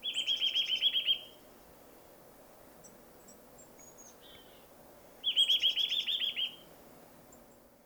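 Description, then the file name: Eurasian nuthatch giving fast rattling trills of upward-flicked notes, one at the start and another about five seconds later, with faint high chirps between. "Sitta europaea"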